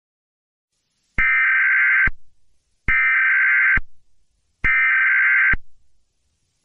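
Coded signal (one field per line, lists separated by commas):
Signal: Emergency Alert System (SAME) tones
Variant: header bursts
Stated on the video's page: Fictional EAS scenario in analog horror style, using valid EAS tones.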